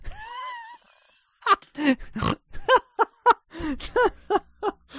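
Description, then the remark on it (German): A thin, wheezy whine opens, then a pig lets out a quick run of about ten snorting grunts, short and fairly loud, in an uneven rhythm. “Oh Mann, ich habe eben ein bisschen Grunzen verladen.”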